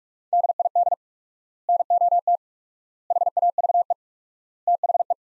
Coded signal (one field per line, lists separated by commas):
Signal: Morse code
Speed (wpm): 42 wpm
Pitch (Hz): 700 Hz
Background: none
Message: DID NOT HAVE THE